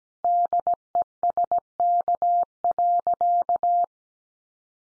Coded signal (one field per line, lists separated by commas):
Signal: Morse code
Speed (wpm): 17 wpm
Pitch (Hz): 700 Hz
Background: none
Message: DESK.